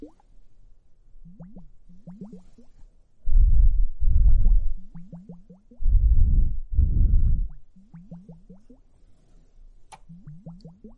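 Bubbles from a foamy hourglass make quick rising plops and pops, coming in fast repeating runs throughout. Two louder, dense bursts of fizzing foam, around 3–5 and 6–7.5 seconds, swell over the bubbling. A sharp, bright tick sounds near 10 seconds.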